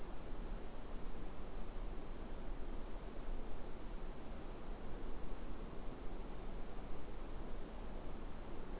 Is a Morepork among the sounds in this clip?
no